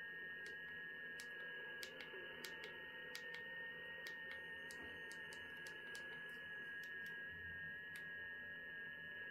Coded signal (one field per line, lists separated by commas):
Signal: FT8